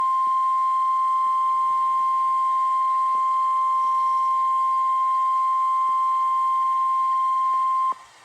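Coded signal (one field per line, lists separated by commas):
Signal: Emergency Alert System (SAME) tones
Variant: 1050 Hz attention tone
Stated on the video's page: NOAA Weather Radio Tornado Warning received from an online stream.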